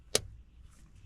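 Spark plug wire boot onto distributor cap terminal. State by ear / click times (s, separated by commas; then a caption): seated / 0.2 s. A spark plug wire boot is pressed onto a distributor cap terminal and gives one sharp click at 0.2 s over a low background rumble. The boot is seated on the distributor cap, and the fit is good.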